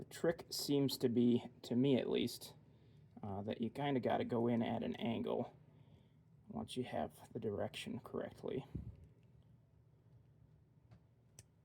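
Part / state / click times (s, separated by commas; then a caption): crimped wire contact into plastic connector housing / seated / 11.4 s. Someone talks while angling a crimped metal contact on the end of a bus wire into a plastic connector housing, followed by a quieter stretch. A short, sharp snap at 11.4 s marks the contact sliding in and locking into the housing, fully seated.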